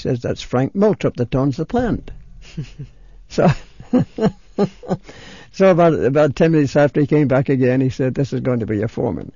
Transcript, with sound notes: He says, "That's Frank Moltrup that owns the plant." ( they laugh ) So about ten minutes after he came back again, he said, "This is going to be your foreman."